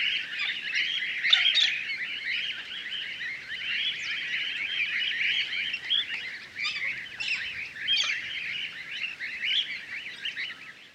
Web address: sonidos Cacatua. Ninfa